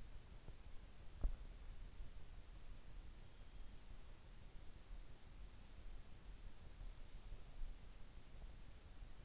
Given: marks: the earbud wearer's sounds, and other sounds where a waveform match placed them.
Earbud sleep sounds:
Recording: sounds in sleep by an in-ear microphone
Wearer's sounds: teeth grinding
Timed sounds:
1.04-1.49 s: teeth grinding

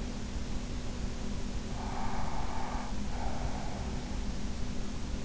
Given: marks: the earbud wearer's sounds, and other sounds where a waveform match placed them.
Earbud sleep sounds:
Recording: sounds in sleep by an in-ear microphone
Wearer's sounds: breath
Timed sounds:
1.81-3.87 s: breath

